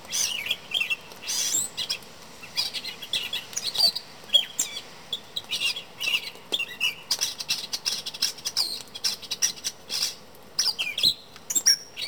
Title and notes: The bird in my front porch (field recording). a mockingbird-type bird that sings in my front porch every morning in the summer